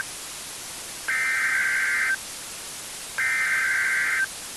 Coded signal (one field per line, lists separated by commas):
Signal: Emergency Alert System (SAME) tones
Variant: header bursts